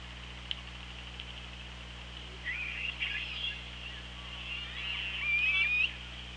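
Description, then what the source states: Orca calls: two brief whistled, wavering tones, the second sliding upward, over a steady underwater hiss and low hum. Recorded by the OrcaLab hydrophone on 24 August 2017 at 17:27.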